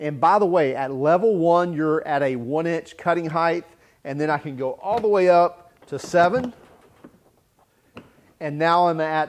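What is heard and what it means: Someone talks while moving the spring-loaded cutting-height adjustment lever on an EGO Select Cut XP 21" self-propelled lawn mower (56V, 10Ah) from level one (a one-inch cutting height) all the way up to position seven. The lever's pins lock into the top detent with a sharp click at 8.0 s, seating firmly. The talking then resumes.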